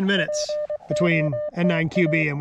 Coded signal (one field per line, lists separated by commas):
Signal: Morse code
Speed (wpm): 23 wpm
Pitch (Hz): 600 Hz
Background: speech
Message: POTA